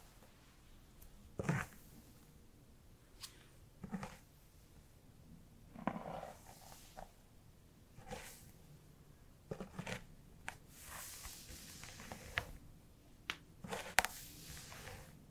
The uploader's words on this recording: ASMR Tingly Hairplay Brushing, Scalp Massage, Haircut (No Talking).